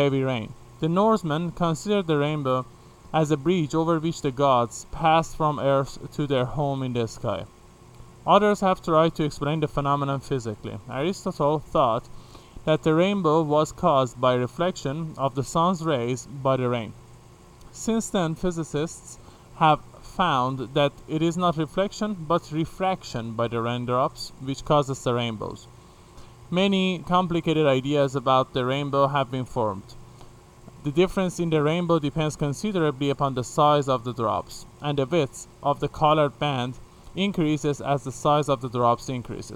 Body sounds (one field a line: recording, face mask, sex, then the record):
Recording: reading aloud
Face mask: none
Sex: male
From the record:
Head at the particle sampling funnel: facing it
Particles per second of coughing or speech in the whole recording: 2.9